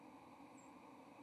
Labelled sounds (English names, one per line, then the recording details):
White-throated Sparrow flight call
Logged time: 10:51 on 30 October 2014